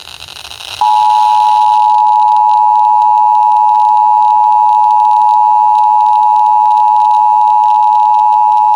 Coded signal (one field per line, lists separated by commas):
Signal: Emergency Alert System (SAME) tones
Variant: 853 and 960 Hz attention tone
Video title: Marginal Risk Has Gone Wrong EAS Alerts from 7/10/2026 (EAS #1086-1119)